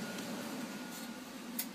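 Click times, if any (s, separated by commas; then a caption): 1.6 s. A quartz sample glued to a magnetic mounting piece is placed on a microscope probe stage, over a steady low hum. A single short snap is heard at 1.6 s as the magnetic mount seats onto the stage.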